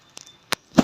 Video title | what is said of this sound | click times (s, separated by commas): Cara Tepat menggunakan treadmill Kinetic 12P, bagi pemula | dia akan ngelock deh beda tuh hidroliknya akan kekunci ngamuk nah | 0.5 s